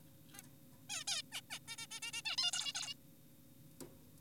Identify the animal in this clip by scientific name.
Taeniopygia guttata